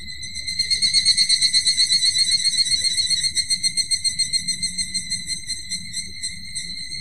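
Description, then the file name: Evening cicada call, a loud bright trill of rapid pulses, about four per second, that slowly fades and slows toward the end, over a faint low hum. "higurashi"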